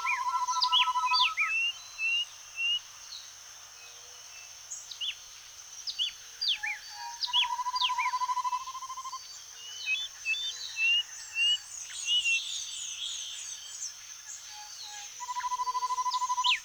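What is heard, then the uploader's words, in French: Birds call through a marshy forest, with many overlapping voices: clear low whistled trills near the start, middle and end, quick rising and falling chirps, and short repeated notes. A steady high insect-like hiss runs throughout beneath them. Forêt marécageuse de la côte nord (Vénézuela) by SolWind.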